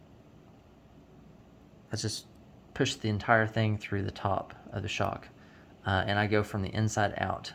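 A suspension pivot ball sits on a driver and is lined up with the top of a plastic RC crawler shock end before being pushed through, while someone talks over a quiet background. Nothing has seated or clicked yet.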